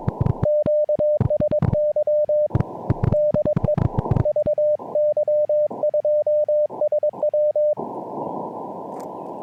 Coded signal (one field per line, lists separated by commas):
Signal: Morse code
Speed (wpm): 22 wpm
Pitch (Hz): 600 Hz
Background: none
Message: QSY DE VY2SW